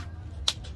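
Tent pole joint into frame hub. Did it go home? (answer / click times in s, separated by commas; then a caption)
yes / 0.5 s. A tent frame pole joint is pushed into its frame hub while setting up a tent. A single sharp click sounds at 0.5 s over a low steady background rumble, followed by fainter soft noises. The joint locks and is seated in the hub.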